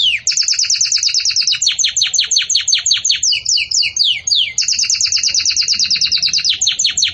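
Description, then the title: Canary song: dense, rapid trills alternating with slower series of falling sweeps, continuous and loud from start to finish. Belgian canary singing in the campainha (bell) style, used to teach song to chicks. "Belíssimo Canto Do Canário Belga Campainha Para Encarte De Filhotes"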